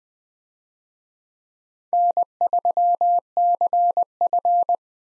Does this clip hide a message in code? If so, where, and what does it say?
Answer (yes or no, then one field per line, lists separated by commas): yes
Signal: Morse code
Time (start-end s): 1.9-4.8 s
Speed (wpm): 20 wpm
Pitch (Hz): 700 Hz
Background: none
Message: N3CF